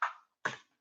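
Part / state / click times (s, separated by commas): trading card holder closing over a card / seated / 0.0 s, 0.5 s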